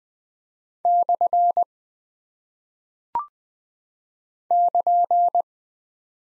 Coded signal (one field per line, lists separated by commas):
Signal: Morse code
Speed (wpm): 20 wpm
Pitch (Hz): 700 Hz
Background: none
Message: / <KN>